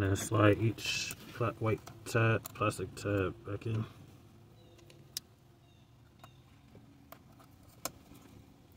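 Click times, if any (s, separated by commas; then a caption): 5.2 s, 7.8 s. Someone talks while working on a GMC Acadia during a spark plug replacement, then slides the white plastic locking tabs back in on the ignition coil electrical connectors after plugging them back on. Each tab clicks into place, with sharp clicks at 5.2 s and 7.9 s, and the connectors are seated.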